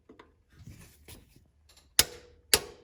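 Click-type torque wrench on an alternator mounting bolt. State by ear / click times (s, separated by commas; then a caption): torque reached / 2.0 s, 2.5 s. A click-type torque wrench set to 37 ft-lb tightens an alternator mounting bolt on a Chevrolet/GM vehicle. Faint ratcheting and handling sounds come first, then two sharp clicks at 2.0 s and 2.5 s as the wrench snaps and releases on reaching its setting. The bolt is confirmed torqued to spec.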